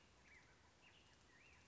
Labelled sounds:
Black-headed Grosbeak
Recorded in Sonoma County, California

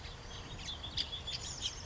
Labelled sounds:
House Finch
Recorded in Sonoma County, California

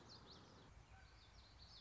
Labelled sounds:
Common Yellowthroat
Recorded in Sonoma County, California

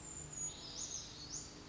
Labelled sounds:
Brown Creeper
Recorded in Sonoma County, California

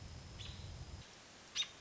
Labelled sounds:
American Robin
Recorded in Sonoma County, California

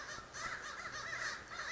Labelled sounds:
American Crow
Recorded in Sonoma County, California

